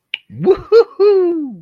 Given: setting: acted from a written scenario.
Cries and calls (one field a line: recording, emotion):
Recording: vocal sound without words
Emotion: triumph